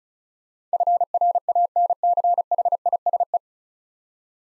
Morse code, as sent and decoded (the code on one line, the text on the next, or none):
..-. .-. .- -. -.-. .... .. ... .
FRANCHISE